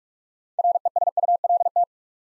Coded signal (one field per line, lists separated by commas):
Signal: Morse code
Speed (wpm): 44 wpm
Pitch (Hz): 700 Hz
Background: none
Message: RESULT